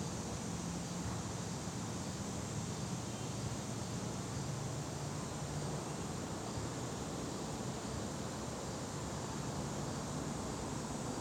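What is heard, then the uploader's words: Outdoor dusk ambience in the hills: a steady, dense wash of hiss that barely changes across the whole recording. A low rumble like traffic swells and fades underneath, and a thin, high, constant whine sits above, likely insects. Catskills, Outdoor Dusk 3 by Bandeto.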